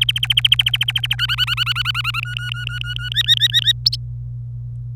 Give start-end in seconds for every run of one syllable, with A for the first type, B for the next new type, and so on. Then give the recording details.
0.01-1.15 A, 1.18-2.20 B, 2.23-3.09 C, 3.12-3.72 D, 3.86-3.95 E. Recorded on 25 April 2018 at 17:47. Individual llb3